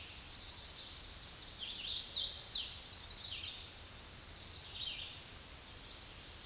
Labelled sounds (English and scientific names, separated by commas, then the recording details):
Hooded Warbler (Setophaga citrina) song
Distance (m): 20 m
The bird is about 15 m above the microphone
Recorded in a Pennsylvania forest on 16 May 2024 at 08:14
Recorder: AudioMoth, point MSD-2208
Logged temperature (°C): 15.2 °C
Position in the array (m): 133 m, 96 m